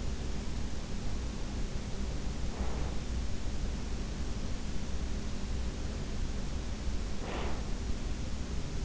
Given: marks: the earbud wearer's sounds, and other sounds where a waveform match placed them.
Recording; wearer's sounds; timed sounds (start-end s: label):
sounds in sleep by an in-ear microphone; breath
2.43-3.17 s: breath
7.15-7.96 s: breath